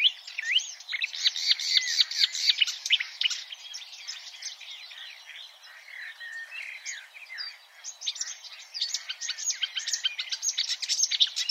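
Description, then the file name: Marsh warbler song, a dense, continuous stream of rapid varied chattering notes and quick whistles, high-pitched and hurried, with a brief softer patch midway. "suara kicauan burung marsh warbler. omkicau"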